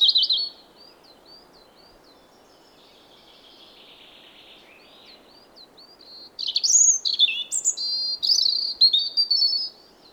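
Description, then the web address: European robin song opening with a quick phrase, a long quiet stretch of faint high notes, then a lively burst of varied thin whistles and trills. "SETE Erithacus rubecula"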